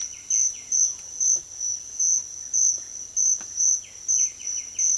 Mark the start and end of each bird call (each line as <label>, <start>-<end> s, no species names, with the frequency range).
bird call (1.3-3.6 kHz), 3.74-4.98 s